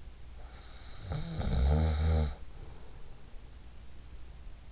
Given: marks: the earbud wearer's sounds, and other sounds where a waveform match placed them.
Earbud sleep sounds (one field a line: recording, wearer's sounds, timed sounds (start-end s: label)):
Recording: sounds in sleep by an in-ear microphone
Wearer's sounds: snoring breath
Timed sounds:
0.72-3.33 s: snoring breath